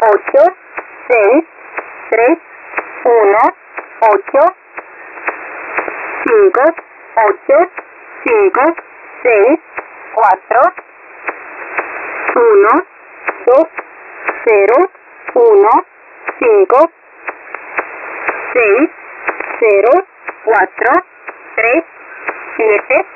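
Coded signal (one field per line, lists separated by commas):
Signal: numbers station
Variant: V07, Spanish female voice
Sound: a woman's voice reading short words one by one, evenly spaced, over radio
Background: radio static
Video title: V07 Spanish Lady 21/05/2023 0740 UTC 12169kHz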